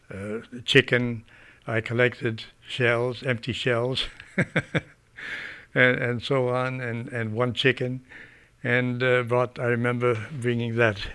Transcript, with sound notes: A chicken, I collected shells, empty shells (he laughs) and so on, and one chicken. And brought, I remember bringing that